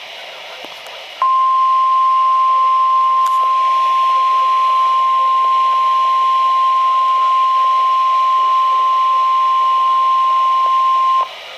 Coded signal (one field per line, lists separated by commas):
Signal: Emergency Alert System (SAME) tones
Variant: 1050 Hz attention tone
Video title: Double Header Flood Warnings (EAS #1,145-1,146)